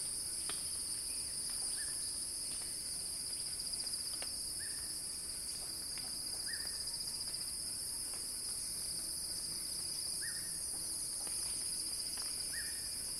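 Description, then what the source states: Cicadas keep up a steady high buzz, while a short higher note sounds several times and a few clicks sound. Cicada song building in a crescendo.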